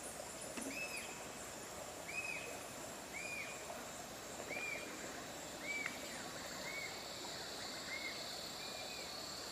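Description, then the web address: Rufous-tailed jacamar song: a series of clear, arched whistled notes repeated roughly once a second over a steady hiss of insects. "cantos jacamaracolarufa"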